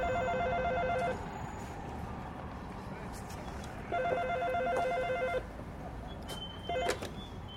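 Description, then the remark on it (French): A telephone rings in a New York apartment in May 1968, a call from Paris, in long, buzzy double-toned bursts separated by a pause, then a third ring starts and cuts off quickly, all over a steady background hiss. “Mary, tu appelles de Paris ? Le téléphone marche encore ?”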